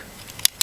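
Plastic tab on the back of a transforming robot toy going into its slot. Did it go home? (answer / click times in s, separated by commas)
yes / 0.5 s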